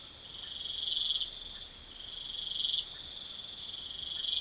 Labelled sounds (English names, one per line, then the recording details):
none
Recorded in pastures near Puerto Asís, Putumayo, Colombia, on 4 March 2025 at 02:30
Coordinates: 0.497, -76.327
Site G072